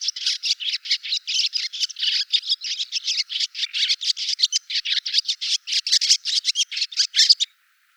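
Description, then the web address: Barn swallow chattering in fast, gritty, buzzy bursts that pour out continuously, then stop abruptly near the end. "hirundo rustica call"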